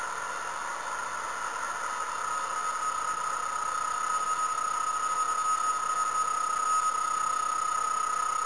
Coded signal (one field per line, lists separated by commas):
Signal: PSK31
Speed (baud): 31.25 baud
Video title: kc6l qso with n7lmv